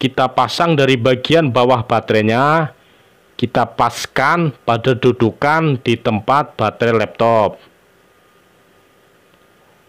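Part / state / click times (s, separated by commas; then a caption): laptop battery into laptop battery bay / not seated / none. A laptop battery is fitted bottom edge first and lined up on its seat in the laptop battery bay, ready to be pressed down, while someone talks. The speech runs in two stretches, from the start to about 2.7 s and from about 3.4 s to 7.3 s. A faint low hum fills the pauses, and the battery has not yet seated or clicked.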